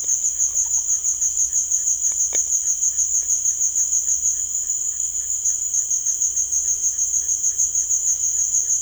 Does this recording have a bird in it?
yes